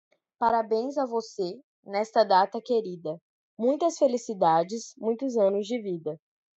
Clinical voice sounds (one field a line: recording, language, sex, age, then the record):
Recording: short text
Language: Brazilian Portuguese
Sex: female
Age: 20 to 29 years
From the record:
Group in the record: control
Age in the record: 22 years